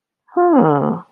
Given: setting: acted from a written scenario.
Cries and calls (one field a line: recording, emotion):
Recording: vocal sound without words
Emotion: interest